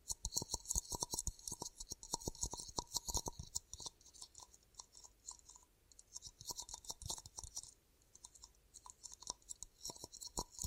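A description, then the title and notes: Dry crackling and tapping from cupped hands over the ears, with dense clusters of sharp clicks and rustles arriving irregularly throughout. The sounds are bright and crisp with a muffled hollow thump underneath, thinning briefly around the middle before picking up again. ASMR 10 Ear Cupping Triggers for Deep Sleep & Relaxation (No Talking).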